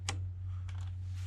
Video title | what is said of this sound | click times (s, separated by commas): Rekluse Radius CX Install Honda CRF450L | and then turn it a quarter turn pops out and locks right there okay | 0.1 s